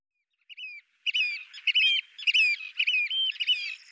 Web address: Faglar Sound Strandskata